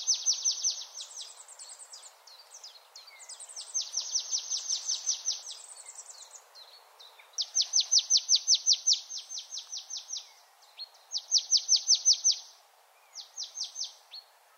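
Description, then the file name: Marsh Tit repeating fast rattling runs of high, downward-sliding notes in several bursts separated by brief gaps, with fainter overlapping calls. "Poecile palustris"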